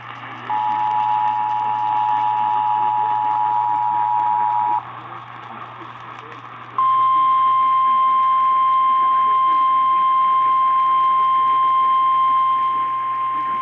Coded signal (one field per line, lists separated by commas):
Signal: Emergency Alert System (SAME) tones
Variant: 853 and 960 Hz attention tone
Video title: Shmovin' Storms | EAS #98-114 (3/24-25/2023)